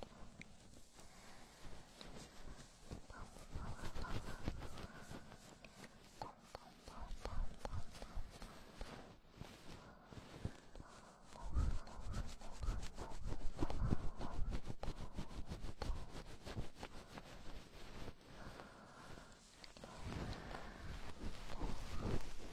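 Goose-feather ear cleaning: dense, crackly scratching and soft rustling throughout, growing louder and busier around twelve seconds and again near the end.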